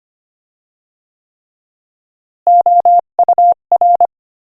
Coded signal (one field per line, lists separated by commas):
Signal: Morse code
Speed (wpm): 25 wpm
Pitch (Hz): 700 Hz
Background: none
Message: OUR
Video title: Morse Code Practice: 25 wpm Inspirational Quote 7